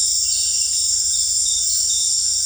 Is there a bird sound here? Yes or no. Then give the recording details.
no. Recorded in dense forest near Puerto Asís, Putumayo, Colombia, on 18 December 2024 at 18:30. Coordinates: 0.484, -76.317. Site G026